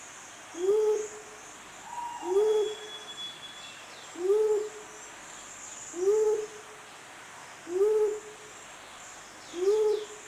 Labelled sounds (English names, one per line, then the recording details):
Mindanao Bleeding-heart call
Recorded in captivity
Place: Zoo Berlin, Berlin, DE
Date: 2004-09-17 12:44
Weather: sunny, 19°C
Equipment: Sony WM-D6C, Sennheiser ME 80, Kopie Uher 4000 Report Monitor
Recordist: Tembrock, Günter